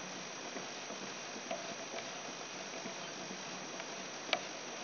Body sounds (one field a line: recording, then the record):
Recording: brain microelectrode recording played as sound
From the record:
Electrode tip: outside the subthalamic nucleus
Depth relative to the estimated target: 5 mm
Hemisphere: right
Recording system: AlphaMap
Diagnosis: Parkinson's disease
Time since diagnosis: 10 years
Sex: male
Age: 58 years